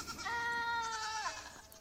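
A goat lets out one long, nasal bleat, steady and strongly voiced before sliding downward at the end, over a light background hiss.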